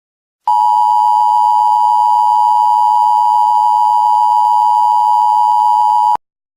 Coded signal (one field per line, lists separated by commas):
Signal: Emergency Alert System (SAME) tones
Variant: 853 and 960 Hz attention tone